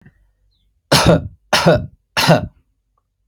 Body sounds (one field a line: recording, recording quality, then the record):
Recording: shallow voluntary cough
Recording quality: excellent, no background noise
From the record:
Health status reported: healthy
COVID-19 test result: negative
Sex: male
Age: 29 years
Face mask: not worn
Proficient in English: yes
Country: United States